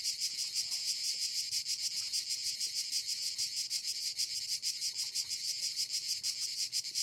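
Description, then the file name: Cricket chorus of rapid high chirps, pulses overlapping into a constant shrill trill with a slight rhythmic throb throughout. "Crickets Orchestra"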